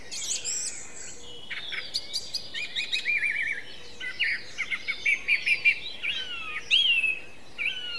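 Song thrush singing, varied whistled and warbled phrases, some repeated in quick succession, with faint background noise.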